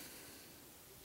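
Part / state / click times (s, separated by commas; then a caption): hammer into half-cock notch of lever-action rifle / not seated / none. The hammer of a Henry .22 lever-action rifle is being handled toward its half-cock safety notch, where the metal sear catches it and locks the trigger. Only a steady, faint broadband hiss is heard across the 1.1 seconds, with no distinct sounds. Nothing has clicked or seated yet.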